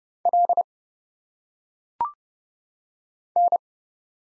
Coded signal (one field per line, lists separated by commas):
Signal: Morse code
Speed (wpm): 30 wpm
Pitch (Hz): 700 Hz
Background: none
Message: L N